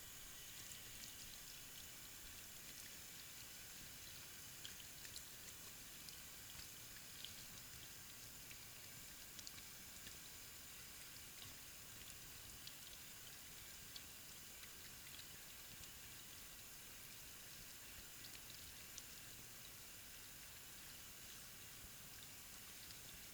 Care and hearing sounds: daily activity, guitar pickup as the sensor; wash hands

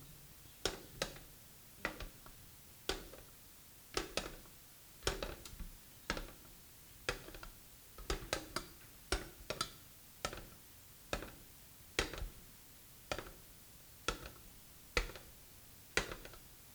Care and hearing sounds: daily activity, guitar pickup as the sensor; fry

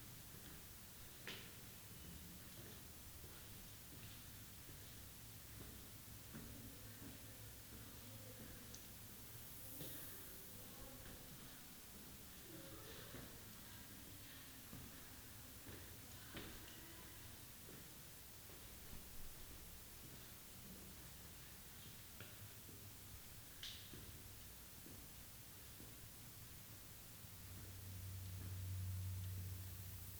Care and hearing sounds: daily activity, guitar pickup as the sensor; go upstairs

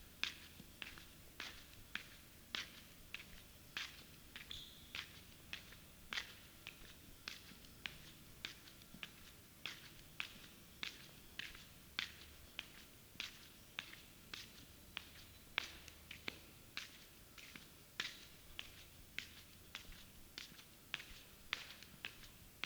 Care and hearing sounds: daily activity, guitar pickup as the sensor; walk

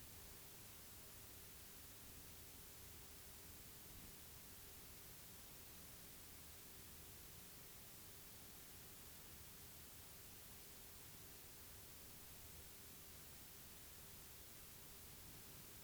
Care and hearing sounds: daily activity, guitar pickup as the sensor; sit

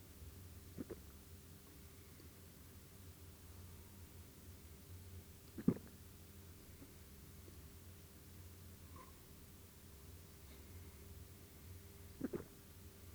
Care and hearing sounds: daily activity, guitar pickup as the sensor; drink water

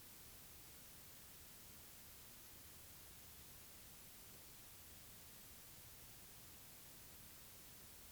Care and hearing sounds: daily activity, guitar pickup as the sensor; drink water

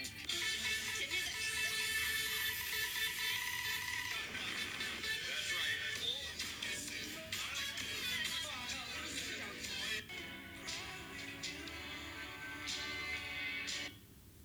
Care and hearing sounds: daily activity, guitar pickup as the sensor; browse video

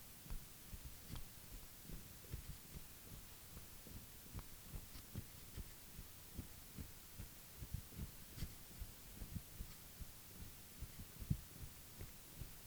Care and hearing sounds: daily activity, guitar pickup as the sensor; jump

